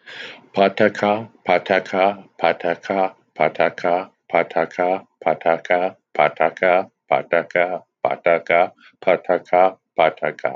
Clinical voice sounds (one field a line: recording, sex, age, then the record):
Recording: repeated syllables /pa ta ka/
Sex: male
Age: 60 to 69 years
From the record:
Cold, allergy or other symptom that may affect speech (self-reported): no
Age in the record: 65 years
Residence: Washington, United States